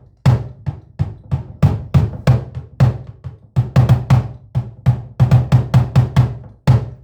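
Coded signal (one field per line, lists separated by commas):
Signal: talking drum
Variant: Akan atumpan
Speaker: sometimes you beat it to call warriors. So when you beat it like that, it has a lot of meanings. It means that you're calling people around to come because there's something going on in the community.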